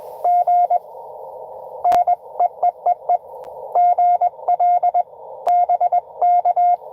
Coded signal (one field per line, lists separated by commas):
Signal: Morse code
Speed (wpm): 23 wpm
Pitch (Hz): 700 Hz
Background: none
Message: GN EEEE GL BK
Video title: N2AKJ is live! Doing pota at us-2114 #pota #cw #licw